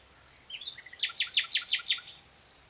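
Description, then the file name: Common nightingale song: soft introductory notes, then six loud, evenly spaced repeated notes and a final higher note, with a faint steady hum. "Luscinia megarhynchos"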